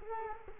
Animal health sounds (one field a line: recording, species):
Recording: mosquito wingbeat signal from an infrared sensor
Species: Culex quinquefasciatus